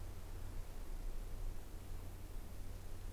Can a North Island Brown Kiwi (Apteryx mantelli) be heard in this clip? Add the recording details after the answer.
no. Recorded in New Zealand on 20 November 2014. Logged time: 21:29. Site CL78